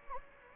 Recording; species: mosquito wingbeat signal from an infrared sensor; Anopheles gambiae